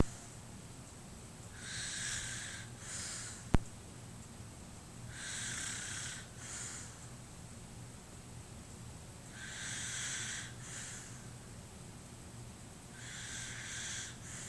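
Rough, hissing two-part breaths recur about 17 times a minute over a low hum: an adult snoring in sleep.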